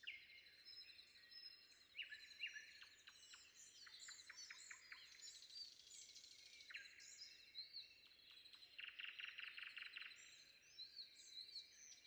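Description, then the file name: Common nightingale song: scratchy phrases and a rapid run of repeated loud notes near the end. Recorded before dawn. "predawn nightingale"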